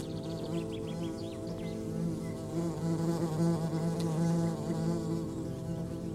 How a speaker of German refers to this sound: Die Wespe, die sich der Herr gerade mit seinem Stock vom Leib gehalten hat, gesellt sich zu einem Wespenpulk, der gerade eine Feige unter dem Feigenbaum zerfleischt.